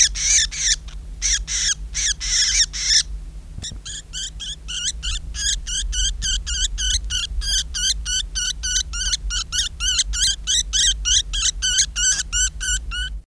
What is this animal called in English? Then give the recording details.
Cardinal Woodpecker. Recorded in captivity. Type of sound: call. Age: juvenile. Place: Farm Frauenstein. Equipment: Halbspur, 9,5 cm/s. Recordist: Lütgens, Hans. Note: Junges Männchen im Netz gefangen